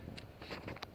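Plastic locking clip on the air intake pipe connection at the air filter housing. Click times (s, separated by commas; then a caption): 0.8 s. On a Citroën C4 Grand Picasso 1.6 HDi, the air filter pipe is pushed back onto its connection at the air filter housing and the orange plastic locking clip is pushed in. Soft scuffing and handling noises build from about 0.4 s. A sharp, short click at 0.8 s marks the clip locking into place and seating.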